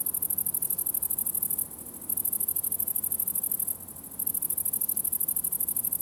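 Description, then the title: Grasshoppers give a high, rasping shrill in bursts, with two clear half-second breaks, over a soft low hum. Several grasshoppers in a summer ambience at the farm of Villers Abbey, Villers-la-Ville, Belgium; recorded with Sony PCM-D100 internal microphones in wide position. "Ferme de lAbbaye de Villers, 1495 Villers-la-Ville, Belgique - Grasshoppers"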